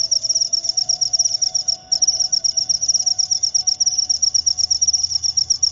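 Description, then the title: Cricket chirping: a shrill, rapid pulsed trill that goes on with only one brief dip, over low background noise and a faint humming tone. Loud chirping cricket sound, played to make lovebirds keep singing in their ngekek style. "Suara JANGKRIK NGERIK Keras Bikin LOVEBIRD Jadi NGEKEK Terus Vubey"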